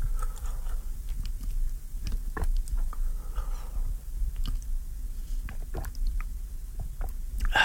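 Quiet slurping sips of hot tea as a person takes a small sip, a scatter of short wet clicks and mouth noises spread over several seconds above a steady low hum, with no talking.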